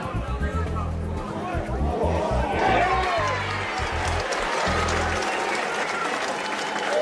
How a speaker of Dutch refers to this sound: Je hoort een applaus, maar niet zomaar een applaus. Het is voor de man die de Puskas Award in ontvangst mag nemen. Dat is de prijs voor het mooiste voetbaldoelpunt van het jaar.